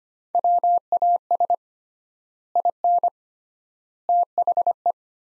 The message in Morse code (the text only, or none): WAS IN THE